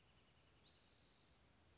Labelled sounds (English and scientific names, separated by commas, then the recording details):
Spotted Towhee (Pipilo maculatus)
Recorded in Sonoma County, California